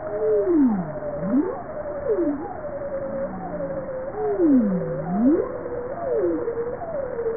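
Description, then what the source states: Bowhead whale calls: low, smooth tonal moans sweeping down then back up in U and V shapes, several overlapping in a continuous sequence over steady underwater hiss. Recorded on 20 April 1988.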